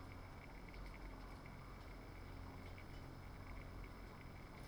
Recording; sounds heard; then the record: poultry house recording; healthy chickens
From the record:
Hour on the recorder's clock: 21